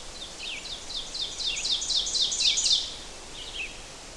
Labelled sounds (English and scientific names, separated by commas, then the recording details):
Ovenbird (Seiurus aurocapilla) song
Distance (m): 15 m
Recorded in boreal forest in Alberta, Canada, on 12 June 2016 at 05:44
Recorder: SongMeter 3, array SBT-3-18
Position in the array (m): 210 m, 84 m
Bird 31